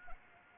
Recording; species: mosquito wingbeat signal from an infrared sensor; Anopheles arabiensis